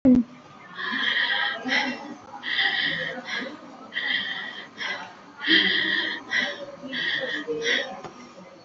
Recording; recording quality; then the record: deep breathing; excellent, no background noise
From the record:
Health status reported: COVID-19 positive, mild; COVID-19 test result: positive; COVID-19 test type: RT-PCR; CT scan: not taken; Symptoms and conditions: cold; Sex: female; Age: 65 years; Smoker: no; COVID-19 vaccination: both doses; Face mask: worn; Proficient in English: yes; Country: India